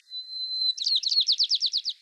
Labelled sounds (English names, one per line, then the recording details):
White-crowned Sparrow song
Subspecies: nuttalli
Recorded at Schooner Bay, California, in 2014
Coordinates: 38.082, -122.931
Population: north
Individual sbMKRS_14